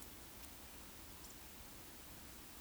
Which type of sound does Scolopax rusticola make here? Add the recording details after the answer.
whistle. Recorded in Baden-Württemberg, Germany, on 16 June 2021 at 19:57 UTC. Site 20675, 466 m above sea level